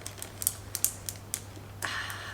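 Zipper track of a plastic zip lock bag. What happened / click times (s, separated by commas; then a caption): The zip seal clicked shut along its track / 0.4 s, 0.5 s, 0.8 s, 1.3 s, 1.8 s. Someone presses the plastic zip closure of a half-full zip lock bag of water shut along its track, producing a rapid series of sharp clicks at 0.4, 0.5, 0.8, 0.8, 1.3 and 1.9 s over a steady low hum. The zipper track clicks shut and the seal closes.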